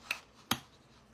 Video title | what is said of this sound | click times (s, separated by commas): The Favorite Glider Coconut de' Crab Floor Toy Live Build | oh that was a nice click mhm it's it's going to be perfect y'all | 0.5 s